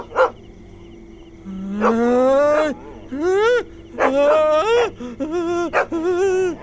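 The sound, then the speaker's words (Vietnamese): A dog named Kít, having rushed out the door and poked its muzzle through iron bars, barks repeatedly in a series of about five drawn-out, tonal cries that rise and bend in pitch, loud and alone with brief gaps between them. “Con chó tự nhiên lao ra ngoài cửa, đưa mỏ qua sau sắt, sủa liên hồi.”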